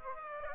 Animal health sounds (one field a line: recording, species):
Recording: mosquito wingbeat signal from an infrared sensor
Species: Aedes aegypti